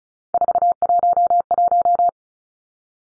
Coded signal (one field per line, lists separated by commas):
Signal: Morse code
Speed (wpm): 34 wpm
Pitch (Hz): 700 Hz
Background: none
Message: 411